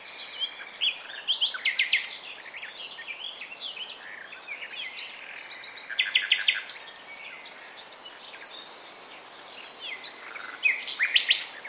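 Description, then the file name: Common nightingale delivering three separate song phrases, each with quick repeated clicking notes, with pauses between them. "Luscinia megarhynchos"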